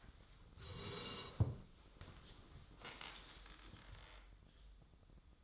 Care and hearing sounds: daily activity, microphone in the room; sit down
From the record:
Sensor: 3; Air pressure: 1005.0 hPa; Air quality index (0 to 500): 93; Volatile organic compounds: 3 ppm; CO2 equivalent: 1444 ppm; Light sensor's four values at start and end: 8/18/7/8 and 10/22/9/9

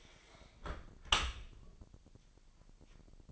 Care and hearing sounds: daily activity, microphone in the room; close dishwasher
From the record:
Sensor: 5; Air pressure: 1000.7 hPa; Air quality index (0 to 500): 247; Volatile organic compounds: 34 ppm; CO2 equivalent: 3045 ppm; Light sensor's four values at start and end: 31/71/28/26 and 31/71/28/27

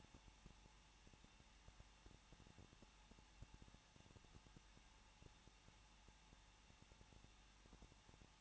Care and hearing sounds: daily activity, microphone in the room; no activity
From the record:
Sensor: 1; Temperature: 20.1 degrees Celsius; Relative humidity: 39.0%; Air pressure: 1006.5 hPa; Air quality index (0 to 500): 216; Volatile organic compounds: 71 ppm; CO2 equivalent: 3532 ppm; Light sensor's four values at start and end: 1/2/1/1 and 1/2/1/1

